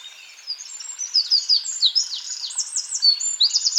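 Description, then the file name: Eurasian wren pouring out a rapid, high, tumbling series of trills and sharp chattering notes, dense and continuous after a quiet start. "Troglodytes troglodytes"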